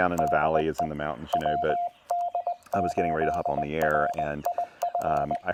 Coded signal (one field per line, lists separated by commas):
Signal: Morse code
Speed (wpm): 20 wpm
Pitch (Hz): 700 Hz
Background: speech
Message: DE WD8RIF